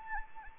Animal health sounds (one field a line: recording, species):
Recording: mosquito wingbeat signal from an infrared sensor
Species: Anopheles arabiensis